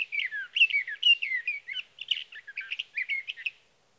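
Sage thrasher delivering a hurried, continuous warbling song of slurred whistled phrases, nothing else audible.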